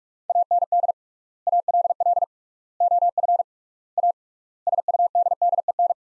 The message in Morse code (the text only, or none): AND ALL OF A SUDDEN